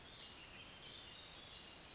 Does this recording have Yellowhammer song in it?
no